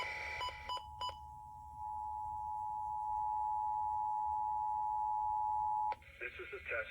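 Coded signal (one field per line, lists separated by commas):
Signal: Emergency Alert System (SAME) tones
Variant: 853 and 960 Hz attention tone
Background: speech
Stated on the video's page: Required Monthly Test for Los Angeles County carried on a Los Angeles FM station at 102.7 FM.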